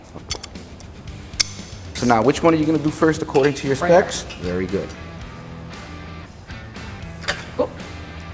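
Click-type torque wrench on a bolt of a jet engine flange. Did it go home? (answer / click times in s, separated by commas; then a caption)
yes / 7.3 s. A click-type torque wrench set to 25 is used to tighten the first bolt on a jet engine flange, with someone talking and a few short sharp clinks early on. The wrench clicks at 7.3 s, confirming the bolt has reached the set torque.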